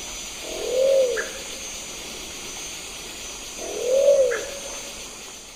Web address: Natures Songs S America Eastern Lowlands 094-06 Patagioenas plumbea, calls 2 birds